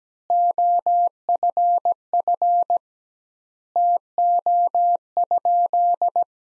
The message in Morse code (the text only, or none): OFF TO?